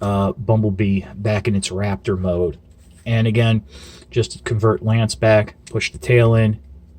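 Someone talks while pushing the plastic tail of a transforming toy dinosaur into the toy's body to return it to dinosaur mode. Only speech and faint handling are heard, and nothing has seated or clicked yet; the tail is not yet home.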